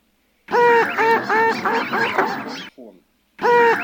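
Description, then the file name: Northern pintail calls: a rapid run of nasal, harmonic honking notes that fade and blur, then a fresh burst after a short silence. Recording made for an electronic decoy caller used to lure ducks. "Шилохвость Codone"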